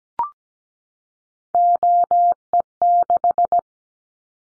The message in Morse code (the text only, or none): OE6